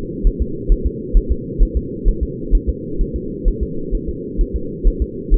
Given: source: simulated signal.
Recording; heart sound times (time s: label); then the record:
fetal heart sounds
0.27 s: S1
0.42 s: S2
0.72 s: S1
0.86 s: S2
1.17 s: S1
1.32 s: S2
1.62 s: S1
1.77 s: S2
2.09 s: S1
2.23 s: S2
2.55 s: S1
2.69 s: S2
3.01 s: S1
3.16 s: S2
3.48 s: S1
3.63 s: S2
3.95 s: S1
4.09 s: S2
4.41 s: S1
4.56 s: S2
4.88 s: S1
5.02 s: S2
5.34 s: S1
From the record:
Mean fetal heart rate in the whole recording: 130 bpm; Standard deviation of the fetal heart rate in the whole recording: 4 bpm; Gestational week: 38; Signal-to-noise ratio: -4.3 dB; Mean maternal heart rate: 72 bpm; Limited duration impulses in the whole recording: absent